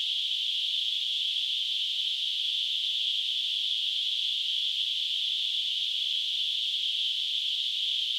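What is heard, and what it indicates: A steady, unchanging high-pitched hiss, a narrow band of noise around 3–4 kHz, holds at constant loudness throughout with no breaks. It is a simulation of tinnitus, the ringing or hissing some people hear without any outside sound.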